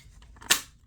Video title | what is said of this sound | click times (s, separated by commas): TONS of Samsung Galaxy Z Flip 5 Cases DETAILED Review | locks in place | 0.5 s